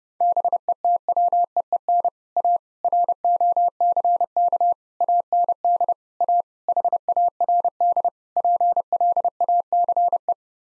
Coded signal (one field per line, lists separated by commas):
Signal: Morse code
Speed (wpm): 29 wpm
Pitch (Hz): 700 Hz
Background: none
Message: BETWEEN A ROCK AND A HARD PLACE